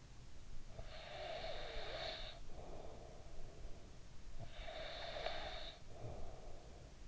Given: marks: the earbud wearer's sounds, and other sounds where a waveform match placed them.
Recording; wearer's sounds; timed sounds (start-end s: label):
sounds in sleep by an in-ear microphone; snoring breath
0.42-3.80 s: snoring breath
4.08-7.08 s: snoring breath